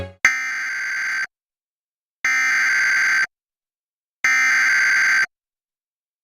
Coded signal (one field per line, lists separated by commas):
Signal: Emergency Alert System (SAME) tones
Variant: header bursts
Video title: Flash Flood Warning EAS #2 on NJ PBS (8/3/26 - Failed)